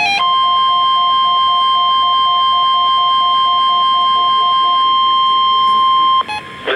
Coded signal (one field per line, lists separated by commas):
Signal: Emergency Alert System (SAME) tones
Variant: 1050 Hz attention tone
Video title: Severe Thunderstorm Watch - 07/05/16 (EAS #1,124)